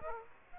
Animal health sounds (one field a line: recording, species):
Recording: mosquito wingbeat signal from an infrared sensor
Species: Aedes aegypti